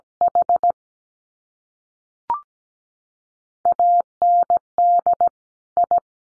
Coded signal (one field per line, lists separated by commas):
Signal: Morse code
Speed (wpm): 17 wpm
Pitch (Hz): 700 Hz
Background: none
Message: H AND I